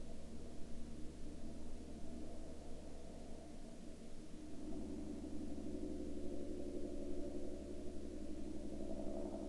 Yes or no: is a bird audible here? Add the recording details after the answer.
no. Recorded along the Dempster Highway, Canada, on 5 October 2020 at 18:43. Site 24